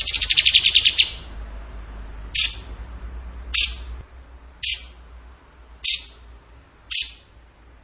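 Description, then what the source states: Bird sounds starting with a short rapid trill, then sharp single chip notes repeated roughly every second. Training song (masteran) of a bird singing in the rapid-fire tembakan style, described as gacor.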